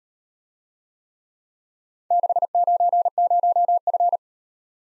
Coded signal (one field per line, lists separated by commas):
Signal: Morse code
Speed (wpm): 38 wpm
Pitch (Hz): 700 Hz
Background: none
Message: 690F